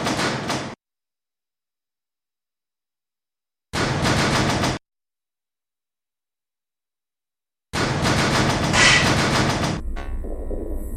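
An underground train waits at a station where it terminates: short bursts of rumbling, hissing train noise broken by dead silence, then a longer stretch that settles into a steady low electrical hum, with no talking.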